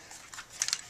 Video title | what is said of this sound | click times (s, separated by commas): SIG 552 COMMANDO airsoft review | pulls out and then snaps into place here | 0.6 s